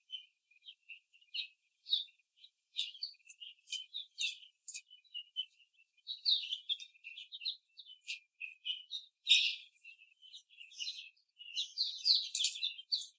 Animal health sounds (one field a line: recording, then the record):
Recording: young laying hens in a cage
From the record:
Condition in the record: after the stressor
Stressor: simulated dog barking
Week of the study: 3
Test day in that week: 1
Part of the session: 3